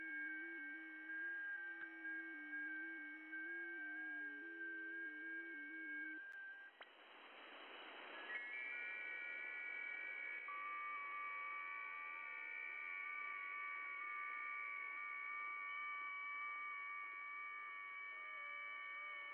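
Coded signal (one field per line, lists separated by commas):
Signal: FT8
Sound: several overlapping steady tones stepping slightly in pitch, with a short burst of hiss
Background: radio static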